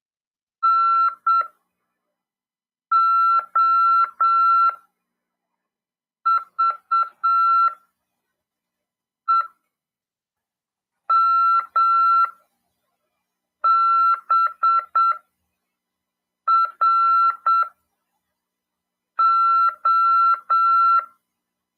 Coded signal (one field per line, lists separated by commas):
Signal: Morse code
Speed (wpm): 7 wpm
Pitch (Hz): 1350 Hz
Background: none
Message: NOVEMBRO